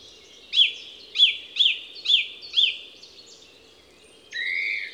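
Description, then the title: Song thrush repeating one sharp note five times, then a brief buzzy phrase, with a low hum underneath. Song thrush recorded at Envirhôna, Les Avenières Veyrins-Thuellin, France, with a Dodotronic stereo parabolic microphone and a Zoom H4n Pro recorder. "Envirhôna, Les Avenières Veyrins-Thuellin, France - Grive musicienne"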